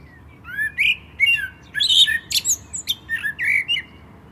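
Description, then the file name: Common blackbird warbling several melodious slurred whistles, mixed with thin high squeaks and scratchy twitters. "Turdus merula"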